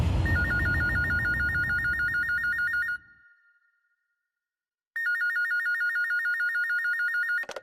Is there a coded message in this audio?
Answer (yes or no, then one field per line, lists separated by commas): no